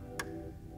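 A plastic harness clip on the engine wiring harness of a 2021 BMW G80 M3 Competition is pressed down onto its locating clip. A sharp, bright click is heard at 0.2 s over a low steady background hum. The clip is seated.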